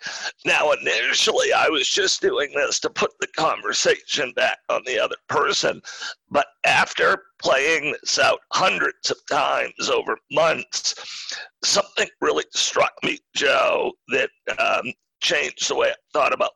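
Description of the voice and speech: Adult male speaking with a rough, strained voice and frequent pauses. Spasmodic dysphonia, a rare neurological condition in which the muscles in the throat constrict during speech.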